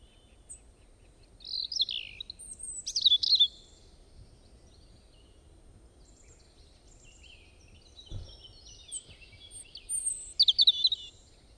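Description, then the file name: Bird song: two bursts of high twittering chirps separated by quieter gaps, a brief low thump midway, over faint rumbling background. "Bird Singing Sound Effect"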